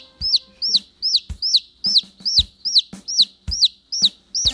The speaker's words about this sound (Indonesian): Benar saja, anak ayam itu sangat lemas. Dengan cekatan, ayah kemudian memberi minum air dan makan perlahan-lahan. Beberapa saat kemudian, anak ayam itu bersuara. Suaranya sudah lebih besar.